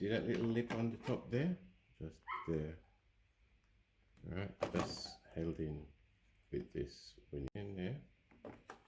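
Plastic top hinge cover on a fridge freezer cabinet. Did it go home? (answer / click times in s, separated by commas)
yes / 8.7 s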